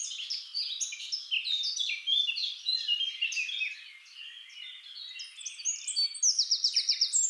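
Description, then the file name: Eurasian blackcap song, a fast chattering warble of varied notes that ends in a run of rapid, evenly repeated clear notes. "Sylvia atricapilla"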